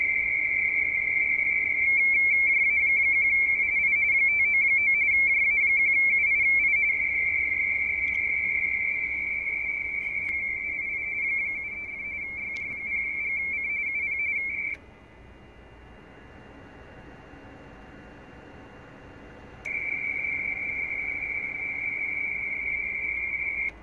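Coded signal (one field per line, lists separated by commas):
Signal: RTTY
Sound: rapid warbling between two close high tones, pausing briefly, then resuming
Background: radio static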